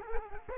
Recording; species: mosquito wingbeat signal from an infrared sensor; Culex quinquefasciatus